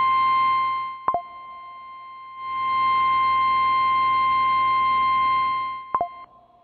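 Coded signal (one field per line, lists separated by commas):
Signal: Emergency Alert System (SAME) tones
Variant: 1050 Hz attention tone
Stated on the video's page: Tornado alerts carried by an AM broadcast station.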